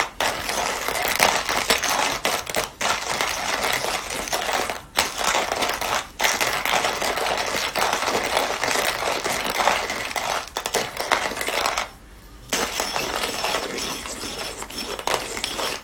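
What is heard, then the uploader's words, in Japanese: Coffee beans roasting, a dense, steady crackle and rattle of beans tumbling with sharp bright clinks throughout. Brief near-silent gaps break it around 5, 6 and 12 seconds, where the sound drops out before resuming at the same level. 今朝は”グアテマラSHB”を焙煎。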